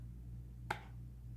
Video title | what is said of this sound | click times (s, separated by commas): Nail Product Favourites for 2017 | then to lock it so the liquid doesn't seep out just a little click to the left | 0.7 s